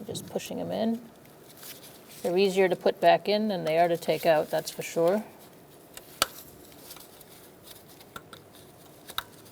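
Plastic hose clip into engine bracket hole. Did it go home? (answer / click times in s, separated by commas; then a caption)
no / none. A plastic hose retaining clip is pushed back into its hole in an engine bracket on a 2007-2012 Nissan Altima 2.5L L4 during a valve cover replacement. Someone talks, then short sharp ticks and light plastic handling sounds follow. Nothing has seated or clicked into place yet.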